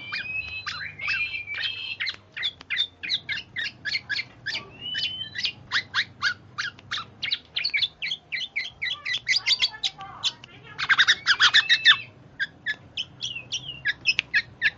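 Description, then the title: Black-naped oriole song: rapid run of sharp chattering notes, several a second, with brief whistled phrases and a dense burst near eleven seconds; faint low hum underneath. Female; chatter billed as exceptional and effective for provoking other birds. "ocehan kepodang BETINA ISTIMEWA, AMPUH untuk panci"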